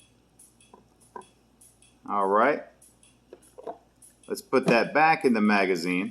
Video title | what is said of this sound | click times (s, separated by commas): TYRANT GLOCK MAG EXTENSION | and you'll hear a little click when it pops in | 1.2 s